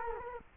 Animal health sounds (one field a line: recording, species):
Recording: mosquito wingbeat signal from an infrared sensor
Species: Culex quinquefasciatus